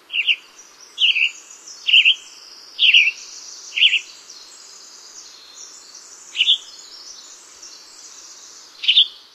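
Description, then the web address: Western tanager giving seven quick, rough-toned phrases, bunched about one a second at first, then with longer gaps, with soft hiss behind. "Songs of Birds of North America Stokes. Western Tanager"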